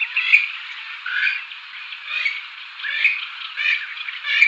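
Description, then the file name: Western swamphen squawking harshly and nasally without a break, with louder rasping bursts roughly every second. "Purpurhona"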